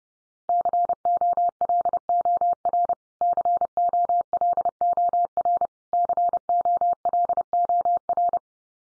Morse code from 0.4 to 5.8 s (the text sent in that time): COLOR COLOR